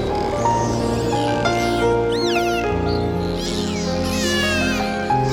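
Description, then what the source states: Gull calls, one strong arching cry near the middle and fainter mews later, set against sustained piano tones and sea noise. Gull calls mixed with piano music and sea noise.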